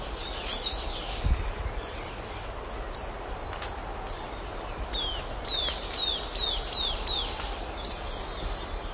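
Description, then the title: Bird giving sharp, very high-pitched notes about every two and a half seconds, with softer descending whistles between them, over a steady background hiss. "LuckyPassaro Completos2Sama"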